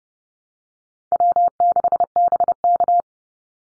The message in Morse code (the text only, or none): W6BK